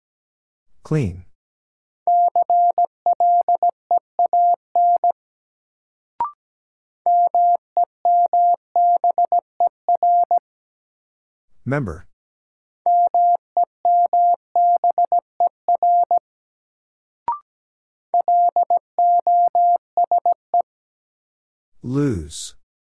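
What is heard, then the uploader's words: A word is sent in Morse code as a steady mid-pitched tone keyed into quick dots and dashes. Four bursts of code, each a few seconds long, are separated by short pauses, some marked by a single click or blip. Brief swooshing sounds open, split and close the sequence. Sentences from Top 1100 Words - New Word Drill - 17wpm. First, the word is sent in Morse code.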